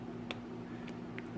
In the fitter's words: it's locked into place okay